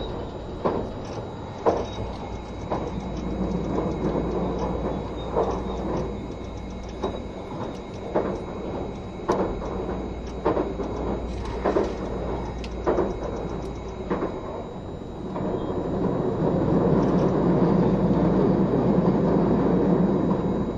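Train running sound: a steady low rumble with regular rhythmic clacks about once a second, growing louder and denser after fifteen seconds.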